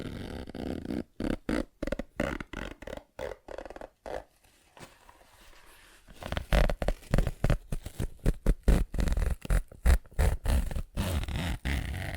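ASMR tapping and scratching in quick bursts, sparse pauses near four to six seconds, then denser, louder rapid scraping strokes continuing to the end.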